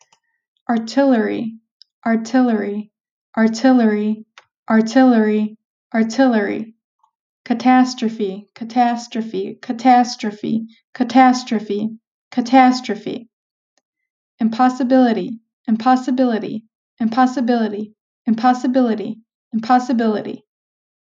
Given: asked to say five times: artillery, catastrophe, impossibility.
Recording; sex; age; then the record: three words, each repeated; female; 20 to 29 years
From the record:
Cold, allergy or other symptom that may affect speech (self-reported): no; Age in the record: 29 years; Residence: New York, United States